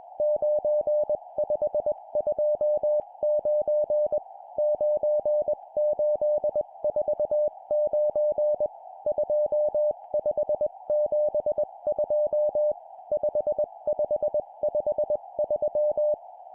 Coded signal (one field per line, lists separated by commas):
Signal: Morse code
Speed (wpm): 21 wpm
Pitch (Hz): 600 Hz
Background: music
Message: 9529 9849 2572 5553